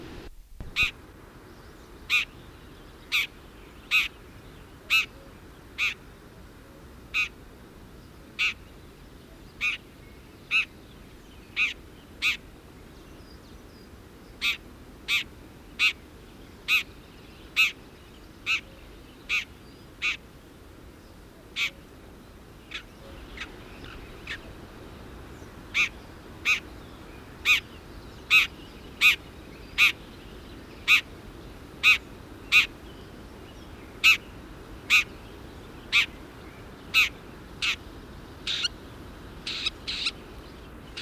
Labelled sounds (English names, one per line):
Red-backed Shrike call